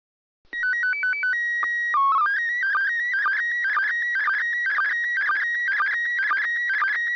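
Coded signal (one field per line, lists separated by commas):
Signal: SSTV (slow-scan television)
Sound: stepping start tones, a short low tone burst, then warbling whine with rhythmic clicks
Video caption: First Image Transmission Begin Resulting Image Beginning of a Second Image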